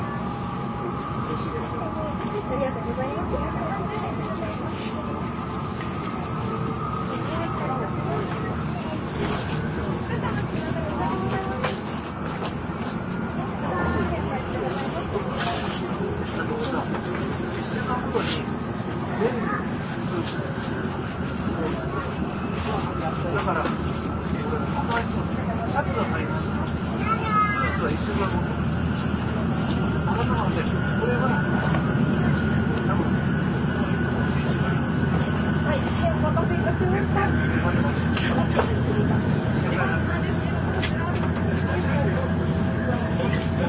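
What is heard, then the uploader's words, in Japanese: Inside a JR N700 series shinkansen running between Kyoto and Shin-Yokohama, a steady low rumble of the train fills the whole clip with a constant hum on top. Voices murmur throughout, and a few brief chime-like tones sound around the middle. JRN700系 京都〜新横浜。ひかり530号に乗車し、録音しました。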